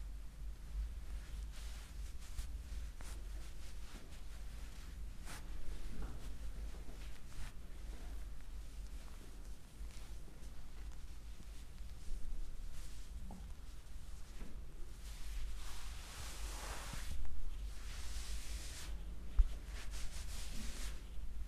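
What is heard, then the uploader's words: Soft rubbing and rustling from a neck, back and scalp massage over a steady low hum, with brief brighter brushes around 5, 13 and 17 seconds. Neck, back, head and scalp massage.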